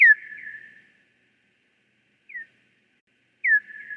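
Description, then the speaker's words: Hawaiian hoary bat pulses, three quick falling chirps, the first and last trailing into a level buzzing tone, separated by gaps of one to two seconds. Hawaii's only native land mammal; eats up to 40% of its body weight in a meal, favouring moths; some Hawaiian moths dive defensively when they hear the bats. "Listen to the sound of a Hawaiian hoary bat."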